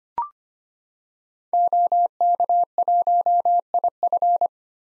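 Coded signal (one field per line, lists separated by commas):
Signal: Morse code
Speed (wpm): 25 wpm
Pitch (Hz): 700 Hz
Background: none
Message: OK1IF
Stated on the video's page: Morse code practice at 25 wpm of common SOTA activator call signs for head-copy, each sent, spoken, then sent again.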